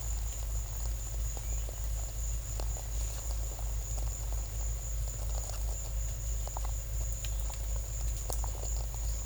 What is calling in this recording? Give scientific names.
none